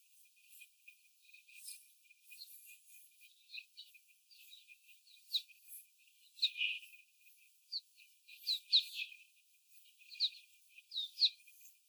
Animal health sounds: young laying hens in a cage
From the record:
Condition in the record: before the stressor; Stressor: simulated dog barking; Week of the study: 4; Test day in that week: 1

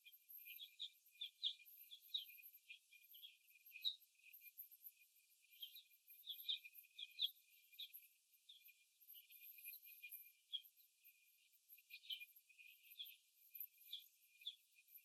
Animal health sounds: young laying hens in a cage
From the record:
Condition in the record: after the stressor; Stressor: simulated dog barking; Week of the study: 1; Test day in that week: 2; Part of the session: 3

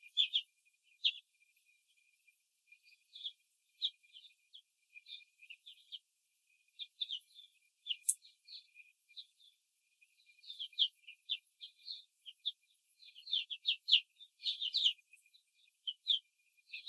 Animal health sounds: young laying hens in a cage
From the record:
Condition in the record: control cage, after the stress test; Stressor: none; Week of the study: 4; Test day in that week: 3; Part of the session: 2

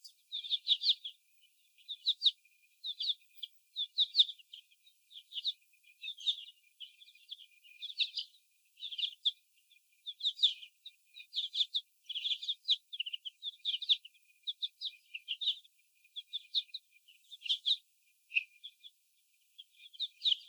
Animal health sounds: young laying hens in a cage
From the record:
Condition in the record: after the stressor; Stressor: sudden umbrella opening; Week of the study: 2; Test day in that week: 1

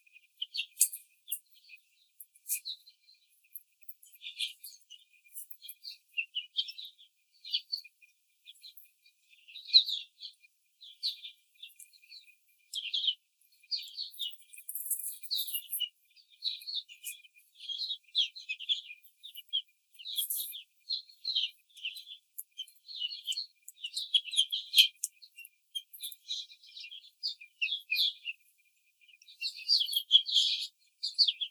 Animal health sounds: young laying hens in a cage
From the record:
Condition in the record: treatment cage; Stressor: simulated dog barking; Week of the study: 5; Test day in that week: 1

